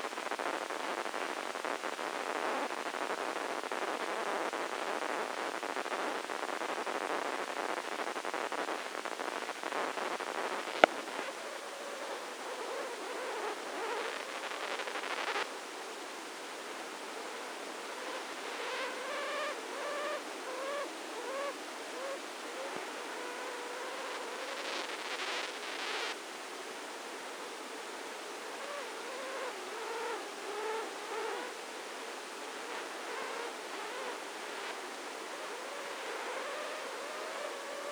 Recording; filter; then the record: brain microelectrode recording played as sound; spike band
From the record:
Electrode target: subthalamic nucleus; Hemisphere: left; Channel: 1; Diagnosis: Parkinson's disease